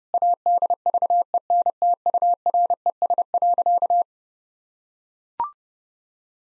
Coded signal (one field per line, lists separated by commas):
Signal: Morse code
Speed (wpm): 32 wpm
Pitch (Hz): 700 Hz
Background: none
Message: ADVENTURES.